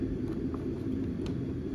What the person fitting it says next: Both those clicked.